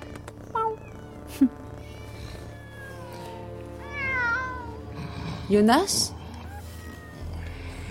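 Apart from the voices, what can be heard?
many cats meowing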